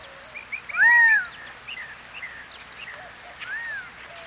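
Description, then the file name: Gambel's quail call: a strong downward-arching note near the start, then a softer matching note a few seconds later, amid scattered faint chirps. "صدای-بلدرچین-گامبلی"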